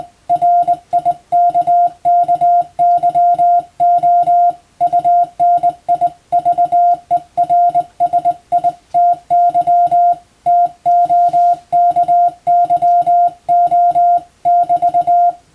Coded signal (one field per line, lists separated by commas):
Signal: Morse code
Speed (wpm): 21 wpm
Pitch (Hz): 700 Hz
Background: music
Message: RIKKYO UNIVERSITY TOKYO<BT>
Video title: 【Radio operator morse practice】This is a Morse code practice video. There is a morse exam in japan.